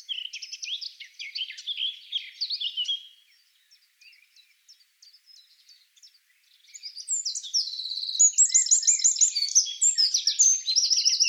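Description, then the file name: Eurasian wren song: a high, rapid jumble of chattering notes, a quiet stretch of a few seconds, then loud, fast, ringing trills at the end. "Troglodytes troglodytes"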